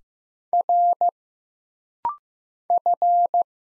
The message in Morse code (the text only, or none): R F